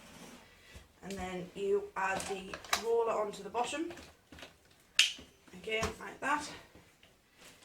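Someone talks while the floor roller head is fitted onto the bottom end of the tube of a Vax SlimVac vacuum cleaner. One sharp click at 5.0 s shows the roller head has seated, completing the full-size machine.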